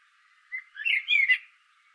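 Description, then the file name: Common blackbird giving a single short phrase of mellow warbled notes blending into a slightly higher, squeaky ending. "Turdus merula"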